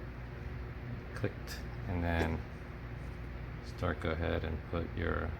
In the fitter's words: got the LCD on three connections on my thinks nice clicked and